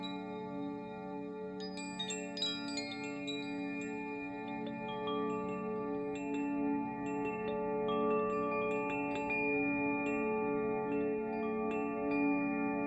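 Wind chimes ring in overlapping waves, their long metallic tones sustaining and blending into a steady shimmering bed. Fresh strikes cluster around two to three seconds and again from seven to ten seconds, adding bright, quick accents above the low, humming resonance.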